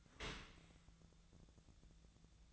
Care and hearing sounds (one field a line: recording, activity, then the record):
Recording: daily activity, microphone in the room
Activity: open dishwasher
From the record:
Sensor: 3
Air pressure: 1000.5 hPa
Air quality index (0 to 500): 175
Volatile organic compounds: 3 ppm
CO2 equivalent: 1516 ppm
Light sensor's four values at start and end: 13/36/14/16 and 13/36/14/16